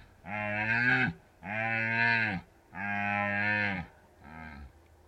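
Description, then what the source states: Red deer stag roaring: three long, deep harmonic bellows about a second each, then a shorter, fainter fourth one. Stags rutting in the Carpathian Mountains of Bucovina, Romania.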